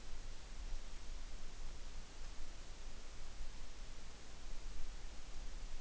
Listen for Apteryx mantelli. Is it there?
no